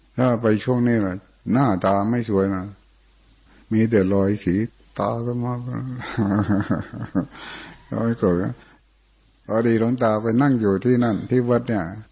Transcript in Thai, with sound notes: ถ้าไปช่วงนี้หน้าตาไม่สวยนะมีแต่รอยสี (หัวเราะ) พอดีหลวงตาไปนั่งอยู่ที่นั่นที่วัดเนี่ย